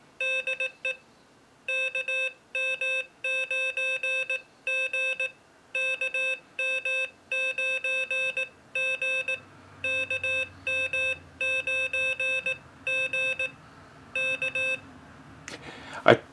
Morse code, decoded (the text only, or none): DE KM9G KM9G KM9G K